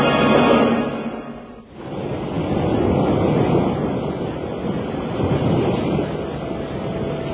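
Waves break on a beach shore in a steady, broad rushing roar that dips briefly into a lull before swelling back and churning on. No voices are heard.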